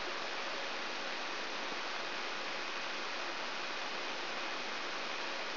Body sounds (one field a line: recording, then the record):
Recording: brain microelectrode recording played as sound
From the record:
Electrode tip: inside the subthalamic nucleus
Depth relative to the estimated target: 0 mm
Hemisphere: left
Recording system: AlphaMap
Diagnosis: Parkinson's disease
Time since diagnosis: 23 years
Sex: male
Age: 65 years